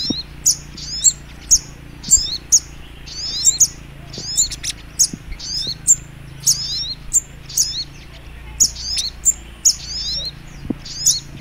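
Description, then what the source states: Little Spiderhunter singing a steady run of sharp, high chirps and twisting twitters in quick succession, over a low hum. Masteran (training song) of sogok ontong in the labaik song style.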